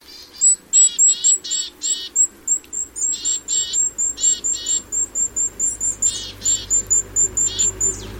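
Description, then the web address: Bird calling in a rapid series of short, high, buzzy notes, interspersed with thin, sharp, high chips. "cianscape. Deverinetal 2025. Bird Only"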